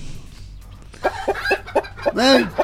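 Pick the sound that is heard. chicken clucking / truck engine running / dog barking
chicken clucking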